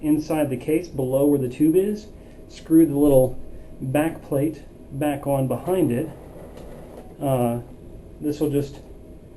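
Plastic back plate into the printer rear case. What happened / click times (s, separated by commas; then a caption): A small plastic cover is being handled but has not snapped home yet / none. A man talks while handling the small plastic back plate that covers the waste-ink bypass tube on an Epson R300 printer, about to press it back onto the printer's rear case. Only speech is heard; the plate has not snapped into place yet.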